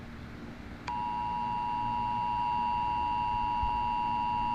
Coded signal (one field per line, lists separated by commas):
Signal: Emergency Alert System (SAME) tones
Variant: 853 and 960 Hz attention tone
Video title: EAS scenario 3 India versus America